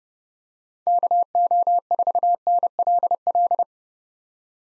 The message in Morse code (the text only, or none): KO4NLL